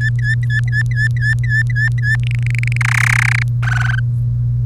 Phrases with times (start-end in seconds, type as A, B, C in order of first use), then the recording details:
0.00-2.16 A, 2.23-2.77 B, 2.81-3.43 C, 3.63-3.99 D. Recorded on 1 May 2018 at 07:17. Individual llb3